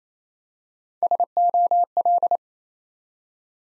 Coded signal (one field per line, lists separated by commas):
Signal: Morse code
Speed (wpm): 29 wpm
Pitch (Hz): 700 Hz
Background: none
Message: SOL